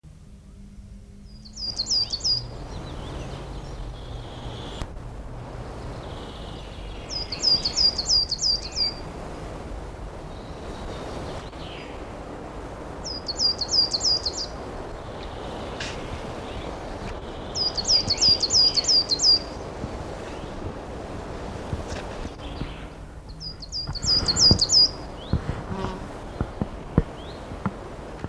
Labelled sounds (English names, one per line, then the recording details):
Coal Tit
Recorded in the wild
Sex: male
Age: adult
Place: Summt, Brandenburg, DE
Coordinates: 52.69, 13.3603
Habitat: forest
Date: 1988-06-12 12:14
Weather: sunny, 14-18°C, wind
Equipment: Nagra SN, Kopie Tesla B 116
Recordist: Tembrock, Günter
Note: Summter Wald. Rufreihen